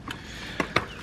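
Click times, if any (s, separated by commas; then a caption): 0.8 s. A folding leg on an ALPHA CAMP aluminium camping table is swung out and snapped into its locking brace. A faint tick at 0.1 s and a sharp click at 0.6 s lead into the loudest, crisp click at 0.8 s. The leg locks firmly into place.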